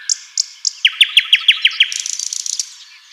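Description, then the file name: Common nightingale song, three high notes followed by a fast series of loud repeated descending chips, ending in a soft buzzy trill. "Luscinia megarhynchos"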